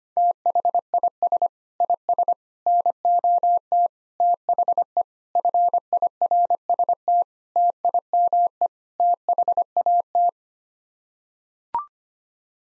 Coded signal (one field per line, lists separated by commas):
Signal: Morse code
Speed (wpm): 25 wpm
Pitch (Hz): 700 Hz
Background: none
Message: THIS IS NOT THE FIRST TIME THAT